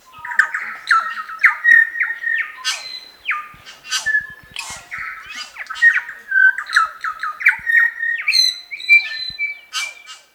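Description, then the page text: New Zealand bellbird calling steadily: a dense series of ringing, slurred whistles and harsh rasping squawks, repeated in quick phrases throughout. "Chris Benesh - Медосос-колокольчик, или Макомако (Anthornis melanura)"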